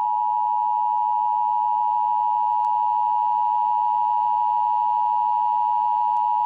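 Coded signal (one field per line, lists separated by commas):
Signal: Emergency Alert System (SAME) tones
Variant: 853 and 960 Hz attention tone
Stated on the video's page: Mock power outage alert using a Loquendo Dave text-to-speech voice; may contain valid EAS tones.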